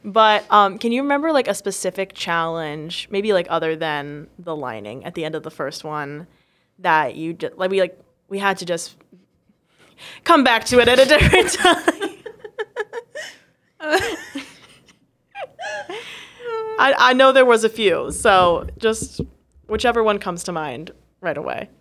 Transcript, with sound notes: But can you remember like a specific challenge maybe like other than the lining at the end of the first one that you just like we like we had to just. Come back to it. At a different time. (laughing) I I know there was a few, so just whichever one comes to mind, right away.